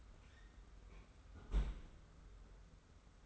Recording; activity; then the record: daily activity, microphone in the room; close fridge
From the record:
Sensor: 3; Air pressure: 991.0 hPa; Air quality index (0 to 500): 121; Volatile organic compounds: 102 ppm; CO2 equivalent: 3766 ppm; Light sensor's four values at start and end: 28/67/27/25 and 28/67/27/25